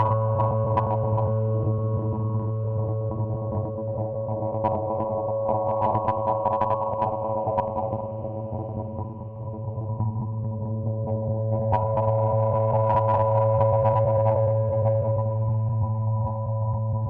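Processed sine tones hold a thick, steady low hum with stacked pitches above it, sounding buzzy and slightly distorted. Short crackling clicks spatter through the first half, the level dips around nine seconds, then a brighter, gritty layer swells in from about twelve seconds.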